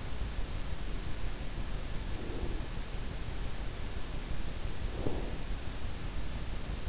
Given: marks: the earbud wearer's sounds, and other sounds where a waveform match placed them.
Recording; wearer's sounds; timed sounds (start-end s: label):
sounds in sleep by an in-ear microphone; breath
2.22-2.67 s: breath
4.94-5.32 s: breath